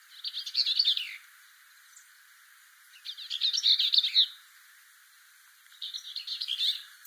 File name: Bell's Vireo - Vireo bellii